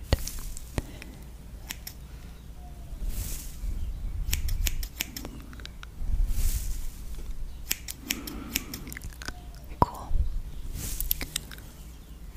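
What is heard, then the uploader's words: Dry snipping and plucking sounds come in irregular bursts, with sharp clicks scattered throughout and louder crunchy rustles near 3, 6.5 and 11 seconds. A low steady rumble sits underneath, with faint muffled voice-like murmurs around 8 to 10 seconds. ASMR for Anxiety, Plucking, Pulling & Snipping.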